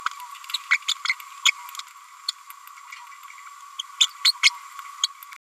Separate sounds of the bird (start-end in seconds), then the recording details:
0.70-0.77, 0.88-0.93, 1.08-1.14, 1.45-1.51, 2.28-2.32, 4.00-4.07, 4.24-4.32, 4.43-4.50. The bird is a female. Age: 31 days. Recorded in a nest box in Venezuela. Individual 17B102A6